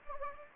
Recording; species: mosquito wingbeat signal from an infrared sensor; Anopheles gambiae